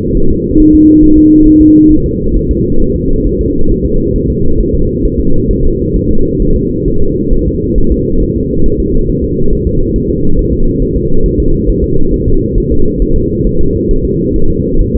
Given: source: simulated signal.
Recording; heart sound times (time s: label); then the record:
fetal heart sounds
0.17 s: S1
0.31 s: S2
0.60 s: S1
0.75 s: S2
1.04 s: S1
1.18 s: S2
1.47 s: S1
1.62 s: S2
1.92 s: S1
2.06 s: S2
2.36 s: S1
2.51 s: S2
2.82 s: S1
2.96 s: S2
3.27 s: S1
3.41 s: S2
3.71 s: S1
3.86 s: S2
4.16 s: S1
4.30 s: S2
4.61 s: S1
4.75 s: S2
5.05 s: S1
5.20 s: S2
5.51 s: S1
5.65 s: S2
5.96 s: S1
6.11 s: S2
6.42 s: S1
6.56 s: S2
6.88 s: S1
7.02 s: S2
7.33 s: S1
7.47 s: S2
7.78 s: S1
7.92 s: S2
8.22 s: S1
8.36 s: S2
8.66 s: S1
8.80 s: S2
9.10 s: S1
9.24 s: S2
9.53 s: S1
9.67 s: S2
9.96 s: S1
10.10 s: S2
10.39 s: S1
10.53 s: S2
10.82 s: S1
10.97 s: S2
11.26 s: S1
11.40 s: S2
11.70 s: S1
11.84 s: S2
12.14 s: S1
12.28 s: S2
12.58 s: S1
12.72 s: S2
13.02 s: S1
13.16 s: S2
13.47 s: S1
13.61 s: S2
13.91 s: S1
14.05 s: S2
14.36 s: S1
14.50 s: S2
14.81 s: S1
14.96 s: S2
From the record:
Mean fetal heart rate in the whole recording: 135 bpm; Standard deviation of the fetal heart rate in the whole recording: 3 bpm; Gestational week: 36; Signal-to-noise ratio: -19.1 dB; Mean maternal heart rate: 72 bpm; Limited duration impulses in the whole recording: present